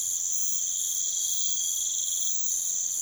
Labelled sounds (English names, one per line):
none